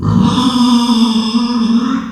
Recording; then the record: squeal of a Yucatan mini pig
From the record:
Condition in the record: after surgery on the right vocal fold (resection and tissue-engineered implant); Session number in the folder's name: 14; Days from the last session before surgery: 133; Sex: female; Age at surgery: 19 weeks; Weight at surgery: 25 kg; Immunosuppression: prednisolone